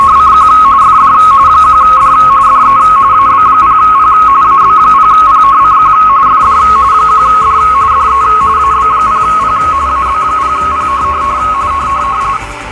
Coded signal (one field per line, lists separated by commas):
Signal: RTTY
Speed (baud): 45.45 baud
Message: CQ FD 1D DE AB0P AB0PCQ FD 1D DE AB0P AB0P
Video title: Field Day at Home in Quarantine? Ham Radio ARRL Field Day 2020: A Non-Traditional Opportunity